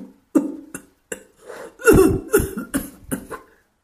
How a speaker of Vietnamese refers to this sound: Lời chi dứt liền bật ho đến rút ruột dở phổi.